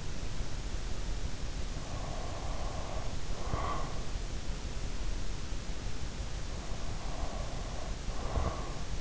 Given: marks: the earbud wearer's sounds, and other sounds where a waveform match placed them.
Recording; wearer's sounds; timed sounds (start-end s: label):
sounds in sleep by an in-ear microphone; breath
1.68-4.26 s: breath
7.12-9.01 s: breath